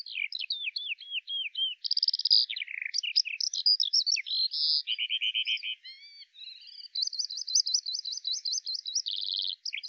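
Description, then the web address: Bird song, continuous and varied: quick chirps, buzzy trills and rising whistles, with a steady rapid trill near the end and a clean, quiet background. "Deverinetal 2025 File cleaned normalized Bird Al Ar"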